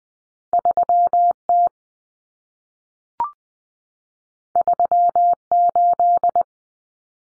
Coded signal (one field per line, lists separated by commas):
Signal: Morse code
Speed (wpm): 20 wpm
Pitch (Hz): 700 Hz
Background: none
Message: 3T 38